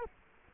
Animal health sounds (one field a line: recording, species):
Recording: mosquito wingbeat signal from an infrared sensor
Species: Culex quinquefasciatus